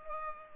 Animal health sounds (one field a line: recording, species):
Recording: mosquito wingbeat signal from an infrared sensor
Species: Culex pipiens